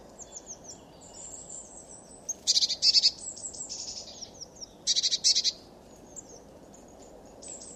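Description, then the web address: Eurasian blue tit with thin high notes first, then two rapid rattling, buzzy bursts a little over two seconds apart, against a constant low-pitched background noise. "cianscape. Deverinetal"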